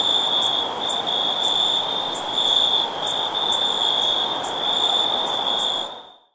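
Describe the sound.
Cricket chirping: steady high ringing trill with faint pulsed notes above, over a broad hiss, ending in a fade.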